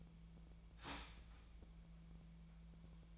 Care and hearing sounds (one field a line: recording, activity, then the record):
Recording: daily activity, microphone in the room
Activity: start toaster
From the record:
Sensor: 1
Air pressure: 1009.4 hPa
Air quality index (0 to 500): 196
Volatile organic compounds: 20 ppm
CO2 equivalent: 2679 ppm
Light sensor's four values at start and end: 28/71/29/35 and 27/69/28/34